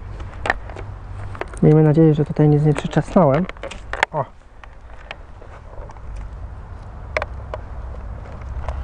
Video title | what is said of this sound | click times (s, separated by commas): [Zrób to sam] Dynamiczne kierunkowskazy w mojej Golfinie #61 | następnie ona musi nam zaskoczyć tutaj | 0.5 s